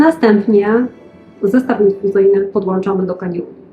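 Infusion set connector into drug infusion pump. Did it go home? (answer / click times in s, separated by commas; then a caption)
no / none. Someone talks over background music while an infusion set's tubing connector is being connected to the connection point of a drug infusion pump that delivers Produodopa for treating advanced Parkinson's disease. The connector has not yet seated and no click has sounded by the end of the clip.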